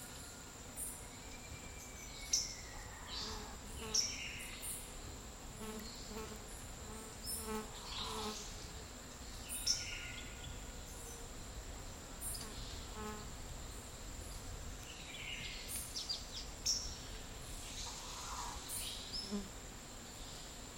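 Midday in a Costa Rican dry forest: a steady high insect whine runs through the whole stretch under a low, constant rumble. Short chirps and clicks pop up every few seconds, with sharper bursts near 2, 4, 10 and 17 seconds.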